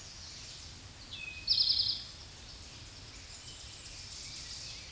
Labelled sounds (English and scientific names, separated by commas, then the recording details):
Eastern Towhee (Pipilo erythrophthalmus) song
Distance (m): 15 m
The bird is about level with the microphone
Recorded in a Pennsylvania forest on 16 May 2024 at 07:13
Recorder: AudioMoth, point MSD-0788
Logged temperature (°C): 16.6 °C
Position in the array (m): 77 m, 29 m